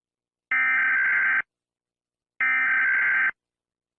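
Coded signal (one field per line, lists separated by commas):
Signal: Emergency Alert System (SAME) tones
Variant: header bursts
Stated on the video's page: Fictional EAS scenario.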